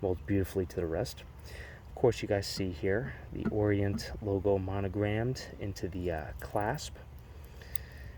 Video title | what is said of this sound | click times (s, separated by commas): Orient Kamasu Blue Dial Watch RA-AA0002L19A and Omega Seamaster 210.30.42.20.03.001 Auction (below) | the clasp over snaps into place and it's got the safety lock | 7.8 s